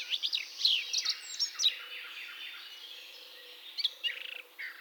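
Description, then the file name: Eurasian blackcap song: rapid, varied chattering warble of high, squeaky notes in quick bursts, a quieter stretch midway, then a louder scratchy flourish near the end. "baratposzata"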